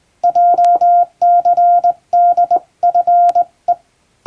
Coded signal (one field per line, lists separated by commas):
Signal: Morse code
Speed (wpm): 20 wpm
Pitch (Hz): 700 Hz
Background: none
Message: JCDFE